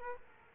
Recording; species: mosquito wingbeat signal from an infrared sensor; Aedes aegypti